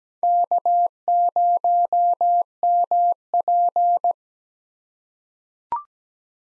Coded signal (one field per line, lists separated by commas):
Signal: Morse code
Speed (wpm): 17 wpm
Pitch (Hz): 700 Hz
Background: none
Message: K0MP